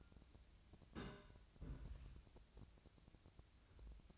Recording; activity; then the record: daily activity, microphone in the room; place on stove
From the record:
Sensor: 2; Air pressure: 999.8 hPa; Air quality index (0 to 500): 122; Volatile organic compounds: 2 ppm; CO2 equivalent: 1056 ppm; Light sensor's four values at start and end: 36/88/39/44 and 36/88/39/44